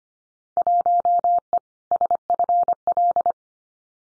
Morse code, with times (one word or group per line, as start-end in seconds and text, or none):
0.6-1.6 1E
1.9-3.3 SFL